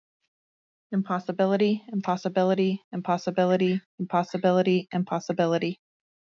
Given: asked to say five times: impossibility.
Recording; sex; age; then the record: repeated word; female; 30 to 39 years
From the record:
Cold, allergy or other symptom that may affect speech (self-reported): no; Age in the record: 33 years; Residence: Colorado, United States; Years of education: 12